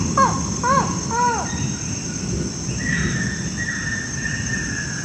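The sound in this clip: Buckley's forest falcon gives three quick nasal, arched notes in a row over a steady high insect drone.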